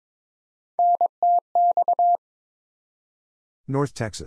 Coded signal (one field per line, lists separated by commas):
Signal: Morse code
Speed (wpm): 22 wpm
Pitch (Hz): 700 Hz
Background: none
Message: NTX